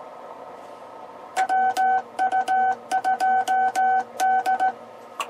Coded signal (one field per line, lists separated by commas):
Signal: Morse code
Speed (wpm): 16 wpm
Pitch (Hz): 760 Hz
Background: none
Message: WU2D